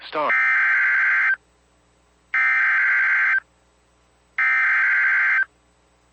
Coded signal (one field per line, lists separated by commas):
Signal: Emergency Alert System (SAME) tones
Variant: header bursts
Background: speech